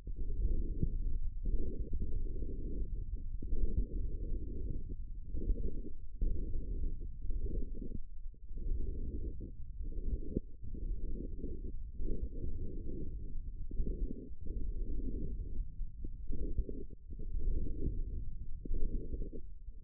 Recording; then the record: forearm muscle sounds (acoustic myography)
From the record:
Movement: forearm supination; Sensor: system 1, eight BSWA MPA416 microphones around the upper forearm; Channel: 5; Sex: male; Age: 54 years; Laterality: right